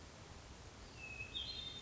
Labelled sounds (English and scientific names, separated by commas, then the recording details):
Hermit Thrush (Catharus guttatus)
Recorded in Sonoma County, California